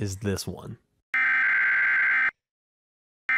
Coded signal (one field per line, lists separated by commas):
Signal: Emergency Alert System (SAME) tones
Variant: header bursts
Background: speech